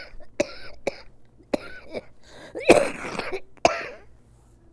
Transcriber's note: coughs